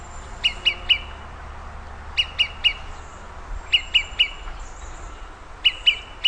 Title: LuckyPassaro Completos2Sama. Olive-sided Flycatcher (Contopus cooperi)